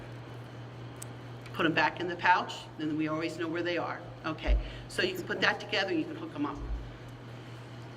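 A connector's front push button is pressed and its two halves are pulled apart from the mating connector, releasing it with a single sharp click at 1.0 s over a steady low hum. Afterward, someone talks.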